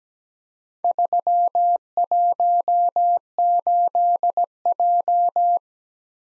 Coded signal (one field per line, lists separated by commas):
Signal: Morse code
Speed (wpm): 19 wpm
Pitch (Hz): 700 Hz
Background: none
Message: 318J